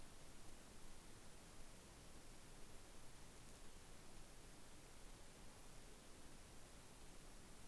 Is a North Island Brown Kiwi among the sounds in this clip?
no